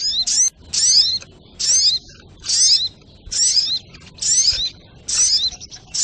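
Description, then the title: Spiderhunter song: bursts of high, sharp down-slurred notes, each about half a second long, repeated at a steady pace. Training audio (masteran); labelled Labaik. "Sogok Ontong Labaik"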